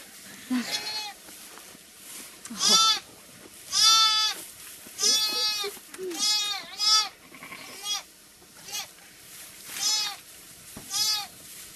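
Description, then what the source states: Sheep bleating: a series of wavering, harmonic-rich bleats, a little under one per second, with brief pauses between. A lamb with its mother.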